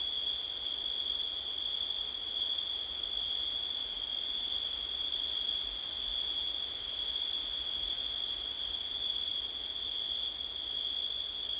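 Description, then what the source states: A constant high cricket trill runs without pause from start to end, with a light hiss underneath. Recorded on a windy night in September.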